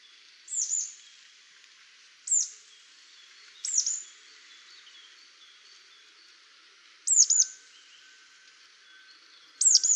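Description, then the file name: Marsh tit calls, five bursts of sharp, high, downward-sweeping notes, often doubled, spaced a couple of seconds apart, against faint background birdsong. "Poecile palustris"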